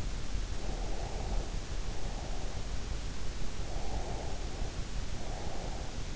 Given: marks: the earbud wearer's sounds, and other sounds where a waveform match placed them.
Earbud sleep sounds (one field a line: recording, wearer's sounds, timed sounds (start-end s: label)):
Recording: sounds in sleep by an in-ear microphone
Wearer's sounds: breath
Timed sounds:
0.64-2.50 s: breath
3.66-5.93 s: breath